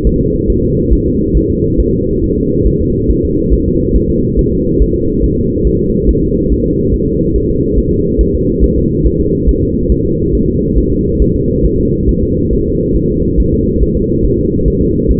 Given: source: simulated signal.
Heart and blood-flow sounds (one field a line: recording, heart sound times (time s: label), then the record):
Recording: fetal heart sounds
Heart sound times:
0.07 s: S1
0.21 s: S2
0.50 s: S1
0.64 s: S2
0.93 s: S1
1.08 s: S2
1.37 s: S1
1.51 s: S2
1.80 s: S1
1.95 s: S2
2.24 s: S1
2.38 s: S2
2.67 s: S1
2.81 s: S2
3.11 s: S1
3.25 s: S2
3.54 s: S1
3.68 s: S2
3.96 s: S1
4.10 s: S2
4.39 s: S1
4.53 s: S2
4.82 s: S1
4.96 s: S2
5.24 s: S1
5.38 s: S2
5.67 s: S1
5.81 s: S2
6.09 s: S1
6.23 s: S2
6.52 s: S1
6.66 s: S2
6.94 s: S1
7.08 s: S2
7.36 s: S1
7.50 s: S2
7.79 s: S1
7.93 s: S2
8.21 s: S1
8.35 s: S2
8.64 s: S1
8.78 s: S2
9.06 s: S1
9.20 s: S2
9.49 s: S1
9.63 s: S2
9.92 s: S1
10.06 s: S2
10.35 s: S1
10.49 s: S2
10.78 s: S1
10.93 s: S2
11.22 s: S1
11.36 s: S2
11.66 s: S1
11.80 s: S2
12.09 s: S1
12.23 s: S2
12.53 s: S1
12.67 s: S2
12.96 s: S1
13.11 s: S2
13.40 s: S1
13.54 s: S2
13.83 s: S1
13.97 s: S2
14.25 s: S1
14.40 s: S2
14.68 s: S1
14.82 s: S2
15.11 s: S1
From the record:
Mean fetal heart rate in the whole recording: 140 bpm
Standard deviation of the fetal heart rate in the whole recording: 2 bpm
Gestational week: 34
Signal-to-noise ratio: -14.7 dB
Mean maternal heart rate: 72 bpm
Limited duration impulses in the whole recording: present